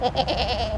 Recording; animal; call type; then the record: contact call of a hoofed animal; goat; low-frequency (closed-mouth) or high-frequency (open-mouth) call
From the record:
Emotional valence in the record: negative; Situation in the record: short social isolation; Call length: 0.78 s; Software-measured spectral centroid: 2340 Hz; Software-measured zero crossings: 1760 a second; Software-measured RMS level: -24 dBFS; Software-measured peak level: -9 dBFS